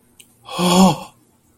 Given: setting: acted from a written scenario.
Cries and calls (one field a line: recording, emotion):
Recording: vocal sound without words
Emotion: awe